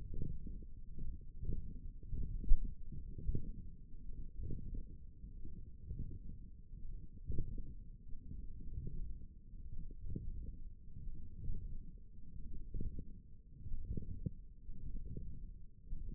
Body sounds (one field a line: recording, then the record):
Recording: forearm muscle sounds (acoustic myography)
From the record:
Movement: wrist flexion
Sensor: system 1, eight BSWA MPA416 microphones around the upper forearm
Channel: 4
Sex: male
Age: 21 years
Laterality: right